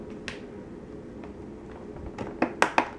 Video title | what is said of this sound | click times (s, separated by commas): How To Build a Gaming PC (2013) Part 3 - Installing the Ram | until you hear them both snap in place | 2.6 s, 2.8 s